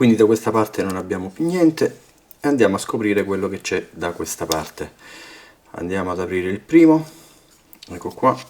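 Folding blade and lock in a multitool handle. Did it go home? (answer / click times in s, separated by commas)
no / none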